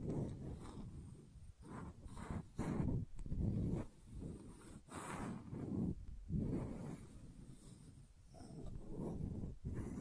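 Gentle scratching goes on almost without pause, a soft, rough rubbing that swells and fades in uneven strokes. It is fullest in the low, muffled range, with a few brief, brighter scrapes near the start, around five seconds and at the very end.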